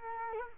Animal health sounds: mosquito wingbeat signal from an infrared sensor; Culex quinquefasciatus

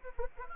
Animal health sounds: mosquito wingbeat signal from an infrared sensor; Anopheles arabiensis

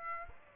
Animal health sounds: mosquito wingbeat signal from an infrared sensor; Aedes aegypti

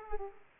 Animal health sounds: mosquito wingbeat signal from an infrared sensor; Aedes aegypti

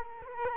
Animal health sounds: mosquito wingbeat signal from an infrared sensor; Culex quinquefasciatus

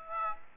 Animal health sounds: mosquito wingbeat signal from an infrared sensor; Aedes aegypti

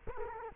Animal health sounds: mosquito wingbeat signal from an infrared sensor; Culex quinquefasciatus

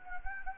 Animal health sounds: mosquito wingbeat signal from an infrared sensor; Anopheles gambiae

